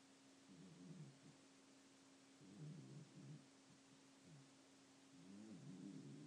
Dog snoring.